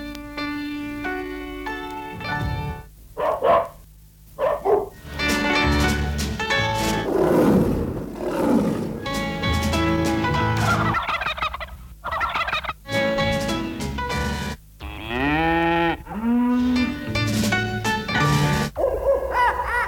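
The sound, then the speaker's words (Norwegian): A short signature jingle for the segment Dyr i drift, which presents a new animal each time, built from animal calls: turkey-like gobbling, owl hoots and other harmonic cries follow one another in quick, loud succession for about twenty seconds, with no talking. “Ja, og det var kjenningstrudluten til Dyr I drift, et innslag der vi hver gang presenterer et nytt dyr for lytterne.”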